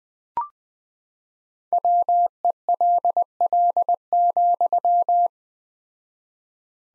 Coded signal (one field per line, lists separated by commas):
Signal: Morse code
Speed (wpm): 20 wpm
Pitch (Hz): 700 Hz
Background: none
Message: WELL,